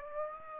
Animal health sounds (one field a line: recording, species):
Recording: mosquito wingbeat signal from an infrared sensor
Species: Aedes aegypti